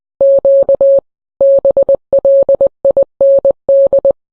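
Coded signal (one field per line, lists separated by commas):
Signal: Morse code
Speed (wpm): 20 wpm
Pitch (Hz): 550 Hz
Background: none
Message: Q BLIND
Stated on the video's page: Yaesu FTM100 DR using Wires-X.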